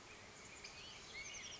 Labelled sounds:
Oak Titmouse (Baeolophus inornatus)
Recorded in Sonoma County, California

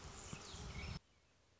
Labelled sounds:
Anna's Hummingbird (Calypte anna)
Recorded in Sonoma County, California

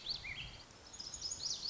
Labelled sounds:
Lazuli Bunting (Passerina amoena)
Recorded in Sonoma County, California

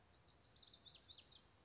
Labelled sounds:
Lazuli Bunting (Passerina amoena)
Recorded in Sonoma County, California

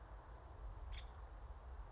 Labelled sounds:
Nuttall's Woodpecker (Dryobates nuttallii)
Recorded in Sonoma County, California

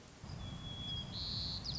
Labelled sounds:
White-crowned Sparrow (Zonotrichia leucophrys)
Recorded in Sonoma County, California

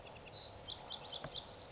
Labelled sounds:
Lazuli Bunting (Passerina amoena)
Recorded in Sonoma County, California

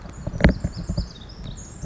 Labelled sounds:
Pacific Wren (Troglodytes pacificus)
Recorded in Sonoma County, California

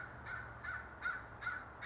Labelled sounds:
American Crow (Corvus brachyrhynchos)
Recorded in Sonoma County, California

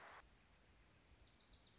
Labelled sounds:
Wilson's Warbler (Cardellina pusilla)
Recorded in Sonoma County, California

